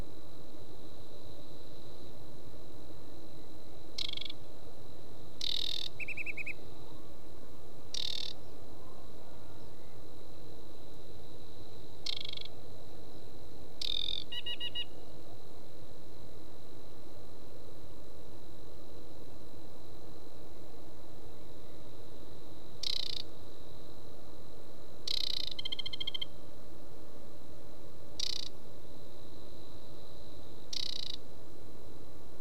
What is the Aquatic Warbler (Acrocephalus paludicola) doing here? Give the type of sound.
song